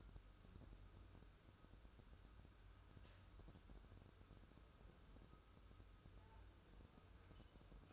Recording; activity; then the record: daily activity, microphone in the room; wipe stove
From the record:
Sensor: 2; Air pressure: 1015.0 hPa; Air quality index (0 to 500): 37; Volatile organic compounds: 1 ppm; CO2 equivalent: 569 ppm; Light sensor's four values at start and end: 13/35/13/15 and 13/35/13/15